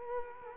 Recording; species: mosquito wingbeat signal from an infrared sensor; Culex quinquefasciatus